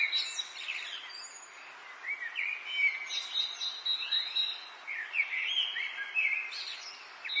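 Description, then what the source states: Mixed birdsong: warbling whistled phrases sliding up and down, with high trills breaking in. Birdsong in an English garden in the late afternoon, urban atmosphere.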